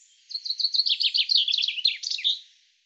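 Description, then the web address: Common chaffinch song: a rapid run of sharp, high notes falling in short steps into a brisk final flourish, about two and a half seconds long, with a quiet clean background. "Deverinetal 2025 File cleaned normalized Bird Fr Co"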